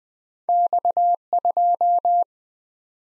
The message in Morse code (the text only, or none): X2